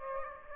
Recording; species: mosquito wingbeat signal from an infrared sensor; Aedes aegypti